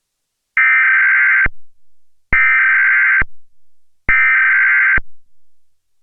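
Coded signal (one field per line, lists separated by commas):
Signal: Emergency Alert System (SAME) tones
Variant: header bursts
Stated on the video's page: Fictional test of a model railroad's emergency alert system.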